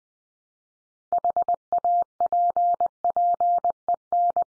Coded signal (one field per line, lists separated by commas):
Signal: Morse code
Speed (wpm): 20 wpm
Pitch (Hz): 700 Hz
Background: none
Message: HAPPEN